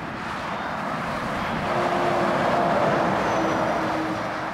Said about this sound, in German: Auf der Route Nationale von Montreuil-Belley nach Loudun donnern die Laster im Sekundentakt vorbei.